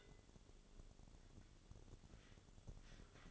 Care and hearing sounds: daily activity, microphone in the room; take from stove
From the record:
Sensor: 4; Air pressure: 1008.9 hPa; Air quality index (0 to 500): 131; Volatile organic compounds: 1 ppm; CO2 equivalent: 956 ppm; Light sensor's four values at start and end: 11/24/9/9 and 11/24/10/9

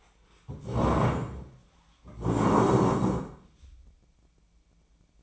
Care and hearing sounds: daily activity, microphone in the room; stand up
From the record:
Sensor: 1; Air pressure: 1012.3 hPa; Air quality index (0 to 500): 171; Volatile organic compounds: 3 ppm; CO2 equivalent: 1404 ppm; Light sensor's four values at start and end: 42/115/47/57 and 43/115/47/57

